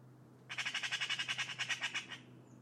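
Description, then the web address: Bird giving a rapid, harsh squawking series of many grating notes over under two seconds, over a steady low hum. "cianscape birddata Deverinetal 2025"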